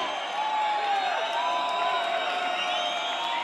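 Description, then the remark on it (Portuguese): A live audience at a rap show claps and cheers as the first guest, DJ Dri, is introduced, a steady, dense wash of applause with scattered whoops and shouts rising above it for a few seconds. “Com vocês, muita salva de palmas para DJ Dri!”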